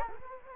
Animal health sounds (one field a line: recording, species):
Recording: mosquito wingbeat signal from an infrared sensor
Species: Culex quinquefasciatus